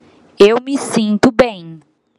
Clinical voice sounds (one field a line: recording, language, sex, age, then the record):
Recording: spoken sentence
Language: Brazilian Portuguese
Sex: female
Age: 30 to 39 years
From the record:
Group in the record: control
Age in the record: 37 years